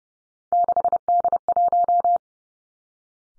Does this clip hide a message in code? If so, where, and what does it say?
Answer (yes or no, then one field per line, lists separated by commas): yes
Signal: Morse code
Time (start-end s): 0.5-2.2 s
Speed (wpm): 30 wpm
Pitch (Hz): 700 Hz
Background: none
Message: 6D1